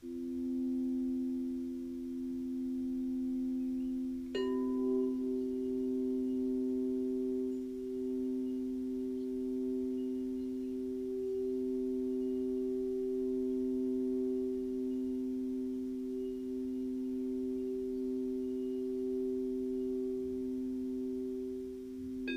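Crystal singing bowls ring out in a steady, low, pure hum that holds for the whole clip. Just past four seconds a soft strike adds a brighter ringing tone above the drone. The sound then swells gently and evenly until a light tap at the very end.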